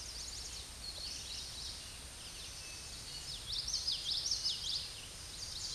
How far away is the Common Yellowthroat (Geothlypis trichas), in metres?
about 30 m